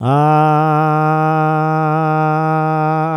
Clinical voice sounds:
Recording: sustained vowel /a/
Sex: male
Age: 50 to 59 years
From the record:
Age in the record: 55 years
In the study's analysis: included

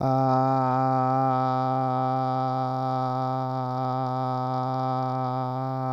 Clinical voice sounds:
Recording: sustained vowel /a/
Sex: male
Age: 20 to 29 years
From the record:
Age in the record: 26 years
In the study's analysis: included

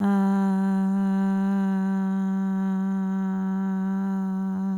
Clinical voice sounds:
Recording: sustained vowel /a/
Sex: female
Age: 20 to 29 years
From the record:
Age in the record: 26 years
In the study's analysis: included

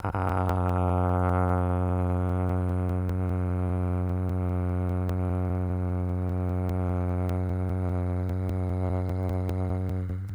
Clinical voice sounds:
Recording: sustained vowel /a/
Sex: male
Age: 50 to 59 years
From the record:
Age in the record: 52 years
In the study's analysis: included

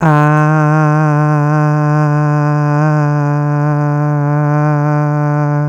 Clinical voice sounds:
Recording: sustained vowel /a/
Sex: female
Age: 60 to 69 years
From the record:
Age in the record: 60 years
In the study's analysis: included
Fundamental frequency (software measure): 148 Hz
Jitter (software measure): 0.32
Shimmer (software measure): 0.46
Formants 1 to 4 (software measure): 822 Hz, 1490 Hz, 2388 Hz, 4671 Hz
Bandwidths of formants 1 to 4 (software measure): 327 Hz, 268 Hz, 204 Hz, 219 Hz

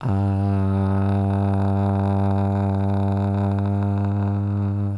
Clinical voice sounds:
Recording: sustained vowel /a/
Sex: male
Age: 20 to 29 years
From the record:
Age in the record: 25 years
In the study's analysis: included

